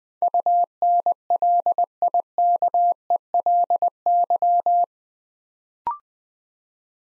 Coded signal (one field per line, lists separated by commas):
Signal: Morse code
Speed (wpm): 21 wpm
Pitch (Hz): 700 Hz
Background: none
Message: UNLIKELY